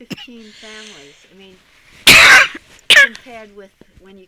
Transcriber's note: coughs